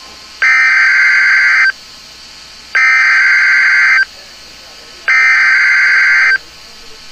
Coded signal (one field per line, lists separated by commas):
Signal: Emergency Alert System (SAME) tones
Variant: header bursts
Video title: Real EAS #339 - Severe Thunderstorm Watch